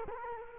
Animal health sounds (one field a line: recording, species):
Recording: mosquito wingbeat signal from an infrared sensor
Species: Culex quinquefasciatus